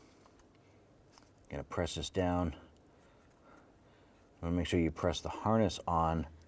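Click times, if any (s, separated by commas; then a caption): none. A harness connector is handled for pressing onto a fuel injector on a 2011-2018 Ram 1500, while someone talks and faint small clicks sound in the background. The clip ends just before the connector goes home, so nothing has seated or clicked yet.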